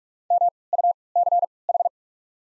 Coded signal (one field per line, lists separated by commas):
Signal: Morse code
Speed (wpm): 47 wpm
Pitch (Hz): 700 Hz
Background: none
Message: MUCH